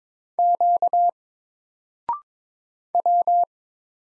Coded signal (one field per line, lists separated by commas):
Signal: Morse code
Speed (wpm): 22 wpm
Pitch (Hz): 700 Hz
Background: none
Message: Q W